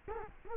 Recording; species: mosquito wingbeat signal from an infrared sensor; Culex quinquefasciatus